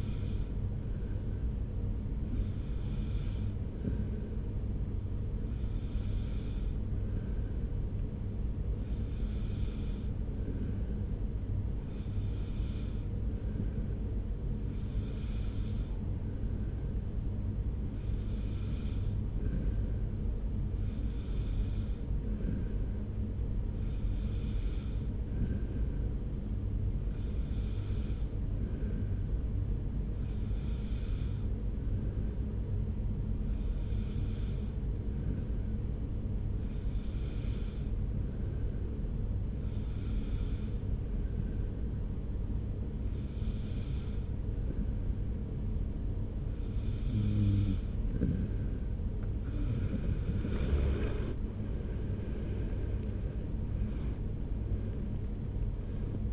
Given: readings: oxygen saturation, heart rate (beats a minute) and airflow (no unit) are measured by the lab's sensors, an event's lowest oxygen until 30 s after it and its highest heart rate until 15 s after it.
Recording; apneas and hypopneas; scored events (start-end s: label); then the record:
breathing in sleep by a smartphone at the bedside; 1
36.00-51.80 s: hypopnea (N2, oxygen 93% highest, then 93% lowest)
From the record:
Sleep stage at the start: N2 (light sleep); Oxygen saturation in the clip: 93 to 94%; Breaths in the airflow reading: 18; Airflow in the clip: -3.0 to 5.2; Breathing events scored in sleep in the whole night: 335 in 6.7 hours asleep